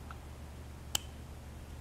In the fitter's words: hear it click that's